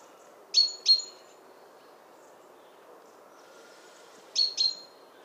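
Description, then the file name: Great tit calls, two pairs of bright high notes each with a short ringing tail, about four seconds apart, over faint background noise. "Parus major"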